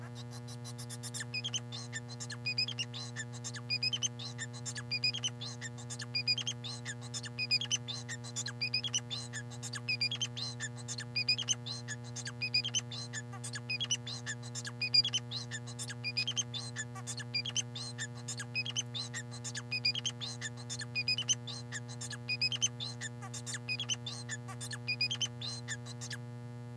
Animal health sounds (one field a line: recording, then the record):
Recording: song of a male Bengalese finch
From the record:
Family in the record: son of father 4